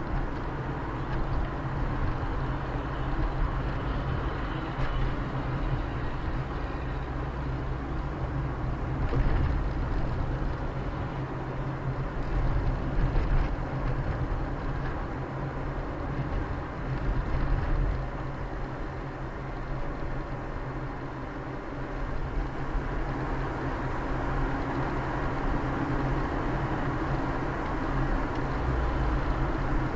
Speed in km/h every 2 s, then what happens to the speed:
49, 50, 47, 46, 45, 43, 43, 45, 46, 45, 45, 46, 46, 47, 49.
0-30 steady at about 46.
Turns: none.